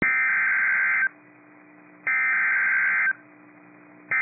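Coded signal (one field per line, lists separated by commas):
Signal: Emergency Alert System (SAME) tones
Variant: header bursts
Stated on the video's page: Genuine EAS SAME tones for a Severe Thunderstorm Warning, capable of triggering alert equipment.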